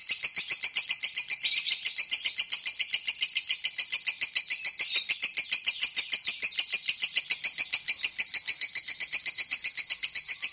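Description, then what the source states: Lovebird producing a sustained ngekek: shrill, buzzy notes repeated quickly and evenly, about three or four per second, for the full length. Long lovebird ngekek song, used as a lure song (kicau pancingan).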